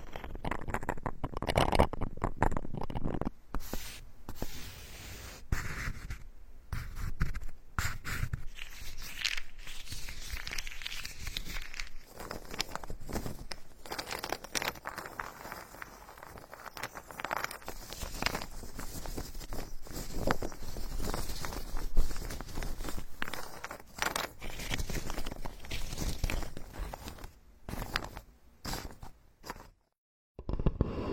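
Wooden tools work over a scalp in a carpenter's workshop, with dense, scratchy rubbing and tapping that runs almost without pause. The strokes come in quick irregular bursts, with brief gaps near 3, 6 and 10 seconds, and the sound stops abruptly just before the end.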